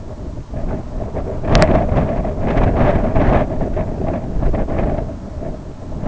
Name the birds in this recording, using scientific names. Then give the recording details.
none. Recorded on Arctic tundra, site IGLO-B, on 24 June 2018. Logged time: 01:59